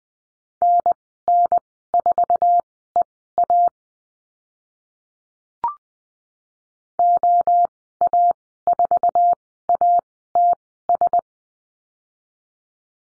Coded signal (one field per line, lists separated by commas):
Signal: Morse code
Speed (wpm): 20 wpm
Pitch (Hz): 700 Hz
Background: none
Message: NN4EA OA4ATS